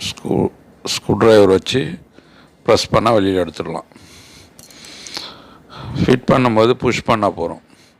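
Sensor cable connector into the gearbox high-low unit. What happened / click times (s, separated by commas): Connector handled and pushed toward place, not yet locked home / none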